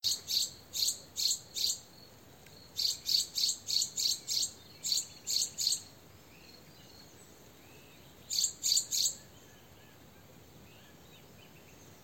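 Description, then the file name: Eurasian wren giving a rapid series of hard, high clicking call notes, about three a second in bursts, pausing, then a short final burst of three. "Troglodytes troglodytes"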